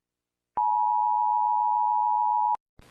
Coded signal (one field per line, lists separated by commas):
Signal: Emergency Alert System (SAME) tones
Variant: 853 and 960 Hz attention tone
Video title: EAS Alarms Part 1